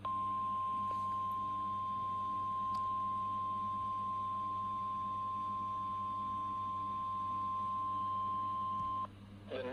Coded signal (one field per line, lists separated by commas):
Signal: Emergency Alert System (SAME) tones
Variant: 1050 Hz attention tone